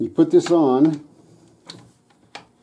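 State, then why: Not seated. A socket bayonet with a lever latch is fitted over the lugs at the end of a rifle barrel and rotated down toward its locking position while someone talks. After the talking, faint metal handling knocks come at about 1.7 s and 2.4 s. The clip ends before the bayonet goes home, so nothing has seated or clicked yet.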